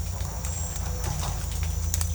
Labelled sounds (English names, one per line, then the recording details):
none
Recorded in secondary vegetation near Puerto Asís, Putumayo, Colombia, on 16 December 2024 at 17:30
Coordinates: 0.499, -76.323
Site G010